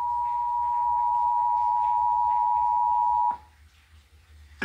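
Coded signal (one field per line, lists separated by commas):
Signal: Emergency Alert System (SAME) tones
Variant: 853 and 960 Hz attention tone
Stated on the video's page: Test tornado watch and warning drill alerts from the 2018 Iowa Severe Weather Awareness Week, received on TV and radio.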